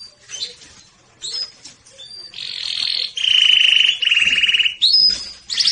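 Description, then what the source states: Canary song that begins with a few scattered chirps, then breaks into loud buzzy rolled trills, each held about a second, ending in a high note. Domestic canary singing in the Persian "rasmi" song style.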